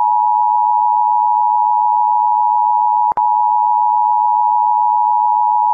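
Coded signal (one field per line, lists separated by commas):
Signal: Emergency Alert System (SAME) tones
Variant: 853 and 960 Hz attention tone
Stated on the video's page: Animated alarms, not a real broadcast.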